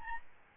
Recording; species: mosquito wingbeat signal from an infrared sensor; Aedes albopictus